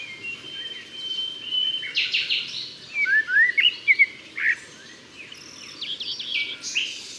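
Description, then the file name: Common blackbird song phrases mixed with chirps from other birds, over constant background noise. "Turdus merula"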